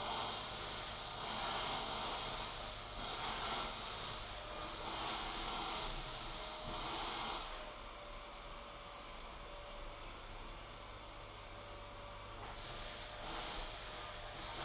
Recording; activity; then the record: daily activity, microphone in the room; vacuum cleaning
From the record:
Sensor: 5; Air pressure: 991.2 hPa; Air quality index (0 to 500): 122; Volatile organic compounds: 47 ppm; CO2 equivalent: 3247 ppm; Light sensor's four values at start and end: 35/113/43/46 and 35/114/43/46